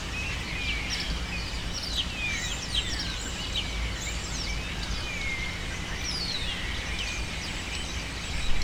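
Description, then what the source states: Birds shrieking together, clear swooping and downslurred squeals standing out from the overlapping chatter, over low rumbling noise. Birds taking refuge in cypresses in the recordist's city, screaming without stopping, especially in the afternoon.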